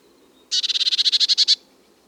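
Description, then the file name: Eurasian blue tit trill call: a fast, even run of about thirteen high notes lasting about a second, over a quiet low background hum. "Cyanistes caeruleus"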